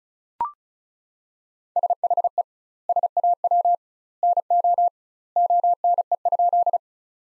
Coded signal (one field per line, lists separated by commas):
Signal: Morse code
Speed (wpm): 34 wpm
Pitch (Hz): 700 Hz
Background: none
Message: SHE SAW NO ONE?